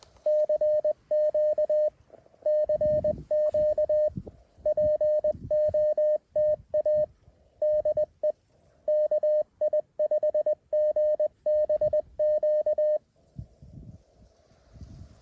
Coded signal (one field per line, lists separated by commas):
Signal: Morse code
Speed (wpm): 21 wpm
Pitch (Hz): 610 Hz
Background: none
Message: CQ CQ POTA DE KI5GBQ